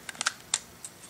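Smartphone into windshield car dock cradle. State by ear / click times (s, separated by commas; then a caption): not seated / none. A bare Droid Razr smartphone is being handled into a windshield car dock cradle, with the holder arm pulled back as the phone is placed. There are a few light, sharp plastic ticks at about 0.1, 0.2 and 0.3 s, a louder crisp tick at 0.5 s, and a faint one near 0.8 s. Nothing has seated or clicked home yet.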